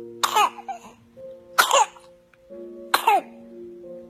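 Coughing of a newborn infant with whooping cough (pertussis), too young to be vaccinated against it, infected in an area with low vaccination coverage. Short cough bursts recur about every 1.3 seconds, with high-pitched tonal sounds between them. The infant died shortly afterwards.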